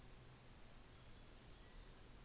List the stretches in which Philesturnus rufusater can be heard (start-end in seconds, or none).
none